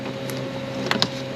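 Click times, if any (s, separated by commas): 0.9 s, 1.0 s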